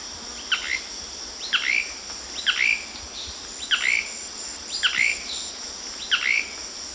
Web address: S America Eastern Lowlands Lepidothrix coronata, lek song males